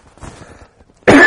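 A quiet, low rumbling throat sound is followed about a second later by one sudden, loud, harsh cough burst that is cut off at the end of the clip. It is a single cough from an adult man, heard indoors during a sermon.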